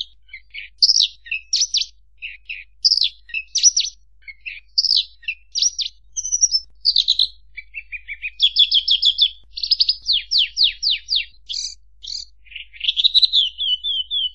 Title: Suara Burung Branjangan